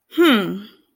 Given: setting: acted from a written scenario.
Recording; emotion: vocal sound without words; contempt